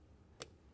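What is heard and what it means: A tabbed plastic plug is lined up with a groove and pushed into the wiper motor or pump housing during a wiper motor swap on a 1965-70 GM full-size car (Impala, Bel Air, Biscayne, Caprice). A single sharp tick is heard at 0.4 s over a low background hum. The plug locks in and is seated.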